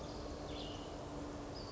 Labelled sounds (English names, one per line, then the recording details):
Western Flycatcher
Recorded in Sonoma County, California